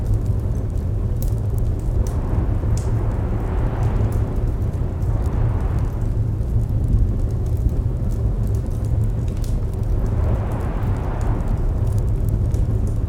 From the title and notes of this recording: Roaring Fireplace Ambience. Recorded from a cozy cabin adorned with a large wool rug and the grandest, most roaring fire you've ever heard. Outside, a storm rages, its winds lashing against the house, threatening to rattle its foundations. The crackling flames and distant wailing winds blend to create a hypnotic soundscape.